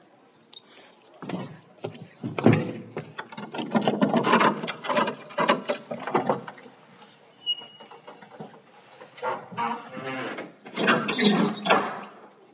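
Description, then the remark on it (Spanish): A wooden raffle drum being turned in the heart of the town of Sartaguda, its contents tumbling with a dry, rasping clatter that rises and falls in irregular bursts for about twelve seconds, with no voices. “Y aquí, pues con esta especie de tómbola, vamos a hacer radio.”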